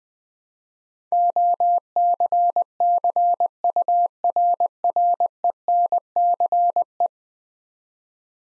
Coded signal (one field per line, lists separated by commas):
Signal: Morse code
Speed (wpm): 20 wpm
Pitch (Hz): 700 Hz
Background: none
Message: OCCURRENCE